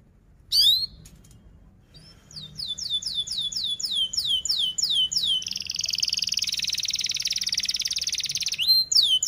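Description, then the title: Canary song: a sharp opening note, then a run of quick descending whistled sweeps that merges into a dense, buzzy trill, ending with more sweeps. Canary in full, rapid, dense chirping song, played as a lure to teach young canaries to sing. "Kenari Gacor Speed RAPAT Cuit Cuit Ngero L Untuk Pancingan Kenari Paud Belajar Bunyi"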